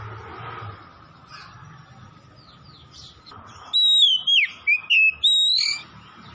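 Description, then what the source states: Oriental magpie-robin song: a quiet start, then loud clear whistled phrases with sliding, warbling notes in quick bursts over a faint steady hum. Tretes kacer singing vigorously, described as gacor.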